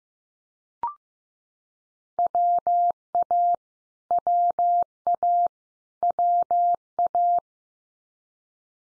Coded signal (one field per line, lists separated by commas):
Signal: Morse code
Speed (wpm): 15 wpm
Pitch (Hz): 700 Hz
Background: none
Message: WA WA WA